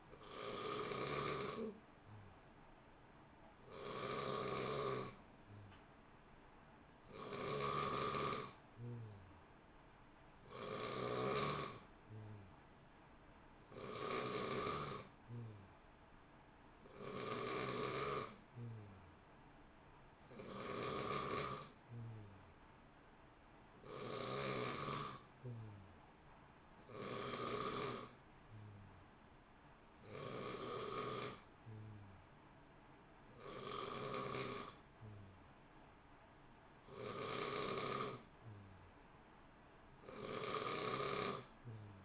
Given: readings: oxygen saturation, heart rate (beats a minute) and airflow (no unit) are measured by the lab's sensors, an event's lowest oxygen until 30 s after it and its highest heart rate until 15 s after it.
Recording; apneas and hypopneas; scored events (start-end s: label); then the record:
breathing in sleep by a voice recorder at the bedside; none
none scored
From the record:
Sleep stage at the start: N3 (deep sleep); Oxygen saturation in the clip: 89 to 91%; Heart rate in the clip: 58 to 63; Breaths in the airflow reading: 18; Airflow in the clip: -0.8 to 0.8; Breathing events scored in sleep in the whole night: 328 in 6.3 hours asleep